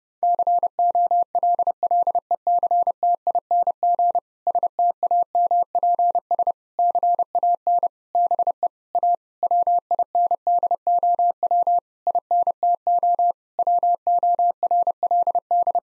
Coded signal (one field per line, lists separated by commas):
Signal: Morse code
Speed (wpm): 30 wpm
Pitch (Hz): 700 Hz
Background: none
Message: COLLECTING STAMPS CAN BE A WINDOW INTO WORLD